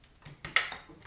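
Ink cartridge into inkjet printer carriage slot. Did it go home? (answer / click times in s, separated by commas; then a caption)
yes / 0.6 s. A plastic ink cartridge is placed in its slot in the carriage of an Epson XP-7100 inkjet printer and pressed on the "push" mark. A few faint ticks lead up to a sharp, bright click at 0.6 s, followed by a short decaying tail and one more soft tick. The cartridge clicks into place and is seated.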